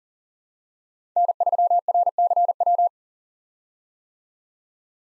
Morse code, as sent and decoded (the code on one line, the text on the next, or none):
-. ...-- .-. -.-. .--
N3RCW